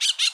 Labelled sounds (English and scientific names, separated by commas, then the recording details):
Brown-throated Parakeet (Eupsittula pertinax) contact call
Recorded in Bonaire
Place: roosting area just N of Seru Largu
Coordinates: 12.199, -68.277